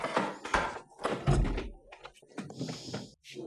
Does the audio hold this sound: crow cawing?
no